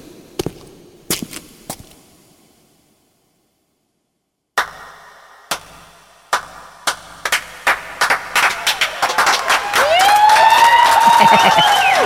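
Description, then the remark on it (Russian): A few sharp, isolated claps, then a pause before hand claps return and quicken into a dense wash of audience applause, with a high whistle sliding through at the end. “Итак, дорогие мои, как всегда, спасибо вам за цветы, конфеты и аплодисменты, которыми вы неизменно меня балуете.”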